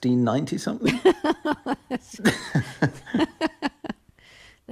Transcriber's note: laughter